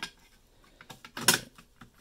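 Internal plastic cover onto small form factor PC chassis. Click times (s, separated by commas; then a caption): 1.3 s. An internal plastic cover is pressed down onto the internals of an Alienware Alpha small form factor PC chassis. Several small clicks are heard, ending in a loud snap at 1.3 seconds as the cover seats into place.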